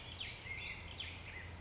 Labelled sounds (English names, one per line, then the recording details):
Black-headed Grosbeak
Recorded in Sonoma County, California